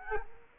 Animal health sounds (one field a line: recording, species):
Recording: mosquito wingbeat signal from an infrared sensor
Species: Culex quinquefasciatus